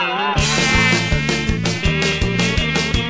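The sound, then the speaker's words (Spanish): A dengue mosquito gives a steady, reedy buzz with a wavering pitch that drones throughout, soon joined by a regular thumping beat and bright rhythmic bursts underneath. No one speaks. “Soy el mosquito del dengue, vengo a aterrorizarlo.”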